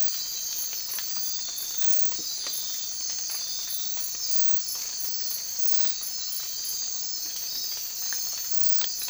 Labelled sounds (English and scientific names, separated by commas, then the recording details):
none
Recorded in dense forest near Puerto Asís, Putumayo, Colombia, on 19 March 2025 at 01:30
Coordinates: 0.503, -76.323
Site GP09